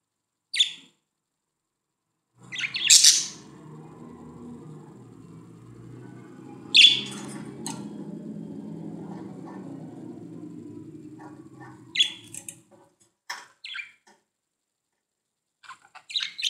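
Budgerigar calls, a few scattered harsh chirps over a steady low hum that stops partway.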